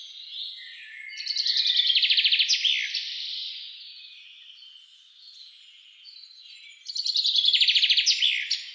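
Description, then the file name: Common chaffinch giving two song phrases a few seconds apart, each a fast run of repeated notes tumbling down to a terminal flourish, with faint quiet notes between. "Fringilla coelebs"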